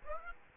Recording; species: mosquito wingbeat signal from an infrared sensor; Aedes aegypti